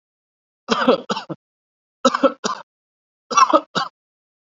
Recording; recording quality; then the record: heavy voluntary cough; excellent, no background noise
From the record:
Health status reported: COVID-19 positive, mild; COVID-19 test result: positive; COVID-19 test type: RT-PCR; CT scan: not taken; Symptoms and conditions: fatigue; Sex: male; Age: 34 years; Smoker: no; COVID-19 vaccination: both doses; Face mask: worn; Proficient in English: yes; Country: India